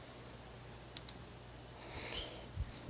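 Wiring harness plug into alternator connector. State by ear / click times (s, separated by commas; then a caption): seated / 1.0 s, 1.1 s. A wiring harness plug is pushed onto the two-prong terminal of a new alternator on a WRX until it latches, giving two sharp clicks at 1.0 s and 1.1 s. A soft rustle follows around 2.0–2.2 s, then a faint tick near 2.8 s. The connector is seated with both prongs in.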